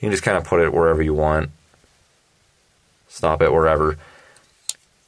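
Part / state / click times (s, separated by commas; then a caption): leaf spring lock detent in a folding knife handle / seated / 4.7 s. Someone talks as the leaf spring lock in a Cold Steel folding knife handle is moved into one of its two positive detent positions, likely a ball bearing detent, unlike a free-moving lock. After a faint tick around 4.4 s, the lock seats with a sharp, brief click at 4.7 s.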